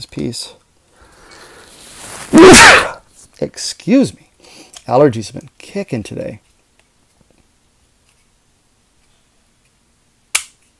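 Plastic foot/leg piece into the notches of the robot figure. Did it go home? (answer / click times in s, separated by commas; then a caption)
yes / 10.3 s. Someone talks while fitting the plastic foot/leg piece of a Generation Toy GT-2 Tyrant robot figure into its notches after rotating the toes, with a loud sneeze-like burst near 2.5 s. After several seconds of quiet, a single sharp snap at 10.4 s marks the piece locking firmly into place.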